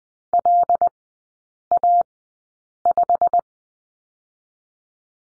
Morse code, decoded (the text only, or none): LA5